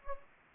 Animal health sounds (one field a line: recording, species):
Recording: mosquito wingbeat signal from an infrared sensor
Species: Anopheles gambiae